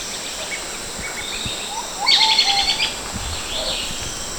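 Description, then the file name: Bird calls: a loud, rapid, chattering high trill for under a second, with a lower clear whistle and faint notes over steady background hiss. "SABIOD 50 bird 2015"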